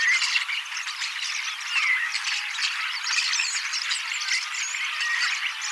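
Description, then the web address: Common starlings babbling together, a steady mix of squeaky whistles, clicks and harsh chatter, with a few clearer slurred whistles standing out. Young birds, 18 October 2024, practising song and mimicking several species a little. "paivat 18 10 2024 kasittaakseni kottaraisnuoret laulavat lauluharjoittelevat useita lajeja matkivat hiukan"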